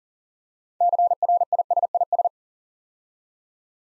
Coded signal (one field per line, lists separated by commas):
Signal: Morse code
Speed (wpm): 38 wpm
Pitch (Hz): 700 Hz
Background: none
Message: CRISIS